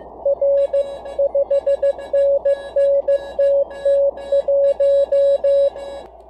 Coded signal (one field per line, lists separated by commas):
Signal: Morse code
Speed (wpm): 15 wpm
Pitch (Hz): 560 Hz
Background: radio noise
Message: R 5NN TT1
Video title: QUICK INTRO TO MORSE RUNNER / CW CONTEST SPEED TRAINING